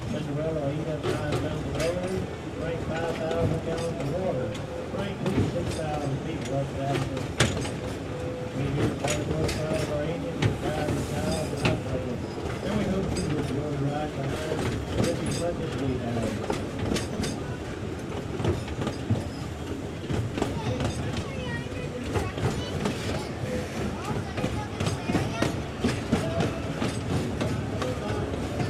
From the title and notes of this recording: Climb aboard this charming 1930s steam locomotive that once traversed the mountains between Alaska and the Yukon. Listen to the chugging of the train engine and rhythmic clatter of wheels on steel rails. The lush scenic woods and rolling hills of Tennessee blur past as you hitch a ride on the pride of Pigeon Forge at this Dollywood amusement park staple.